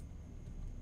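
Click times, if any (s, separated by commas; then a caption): none. A plastic model kit part is being pushed down onto a peg of the assembly. Only a steady low rumble and a faint high whine are heard, with no sharp sounds. Nothing has seated or clicked yet.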